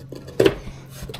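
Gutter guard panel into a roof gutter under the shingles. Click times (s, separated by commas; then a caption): 0.4 s. A metal gutter guard panel is wedged under asphalt shingles, shimmied into position, and pushed down into the roof gutter's lip. A sharp metallic snap at 0.4 s marks the guard popping into place, with quieter scrapes and taps before and after. The panel is seated.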